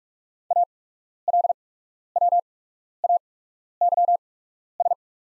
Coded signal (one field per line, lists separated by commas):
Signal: Morse code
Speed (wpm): 45 wpm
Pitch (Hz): 700 Hz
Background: none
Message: ALWAYS